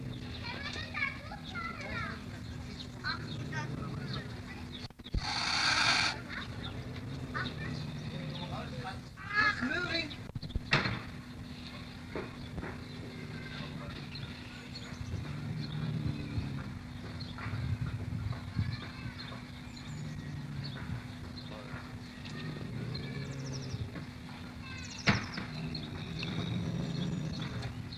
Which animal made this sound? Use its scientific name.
Felis silvestris